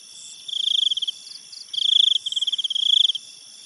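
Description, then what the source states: Insects chirping in rapid pulsed trills, a loud nearer caller in bursts over a steady high, ringing chorus of other insects. Jungle in Thailand at night; insects recorded both close up and at a distance.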